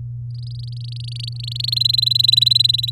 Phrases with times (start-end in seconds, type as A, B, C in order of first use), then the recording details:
0.30-1.74 A, 1.76-2.90 B. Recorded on 10 May 2018 at 17:11. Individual llb16